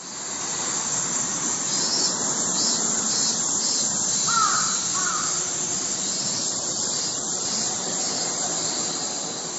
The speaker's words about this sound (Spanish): Sí, el canto de las cigarras es como la banda sonora del verano aquí en Japón. En un comienzo me resultaba demasiado estridente y molesto, pero ahora la verdad es que estoy acostumbrado.